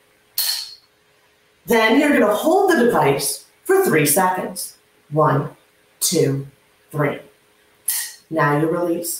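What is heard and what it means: The orange tip of an epinephrine auto-injector trainer is pushed down against the thigh, and a sharp click at 0.4 s shows the device has fired. Someone then talks while the device is held in place before release.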